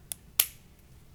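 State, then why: Seated. With the slide held back and its notch lined up, a slide stop lever is pushed inward and upward into a Springfield Prodigy 2011 pistol frame. A faint tick comes at 0.1 s, then a sharp, bright click at 0.4 s. The slide stop snaps into place and is seated.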